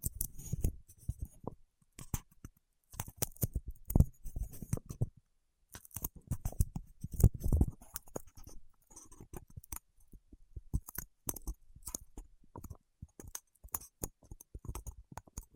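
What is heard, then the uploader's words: Fingertips work sticky wax in quick, irregular taps and crackles, busiest in the first half, with a short silence near five seconds. ASMR with Wax Fingertips for Sleep (No Talking).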